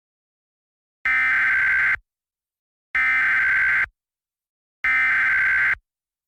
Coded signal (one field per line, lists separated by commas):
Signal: Emergency Alert System (SAME) tones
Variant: header bursts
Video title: EAS Scenario: The Fire Meteor. (READ DESC) (Christmas Special Replacement)